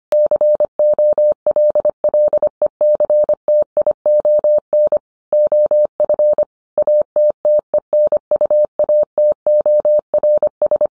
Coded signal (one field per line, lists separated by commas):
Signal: Morse code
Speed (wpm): 25 wpm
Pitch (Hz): 600 Hz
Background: none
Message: COLLECTION OF ATTENUATORS